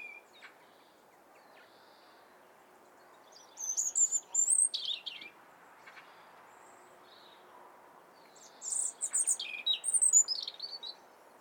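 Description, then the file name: European robin song: two high, thin, warbling phrases of quick tumbling notes, separated by a few seconds of quiet background hiss. "Erithacus rubecula"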